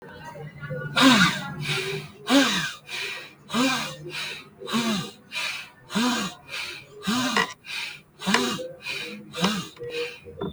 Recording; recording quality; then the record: shallow breathing; excellent, no background noise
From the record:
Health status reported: healthy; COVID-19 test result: not tested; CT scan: not taken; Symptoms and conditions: none ticked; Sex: male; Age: 21 years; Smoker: no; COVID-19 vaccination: both doses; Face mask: not worn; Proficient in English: yes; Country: India